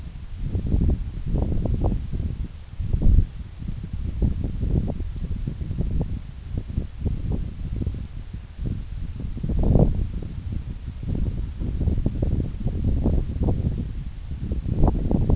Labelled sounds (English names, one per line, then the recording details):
none
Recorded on Arctic tundra, site NAIT-1, on 26 June 2019
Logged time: 16:00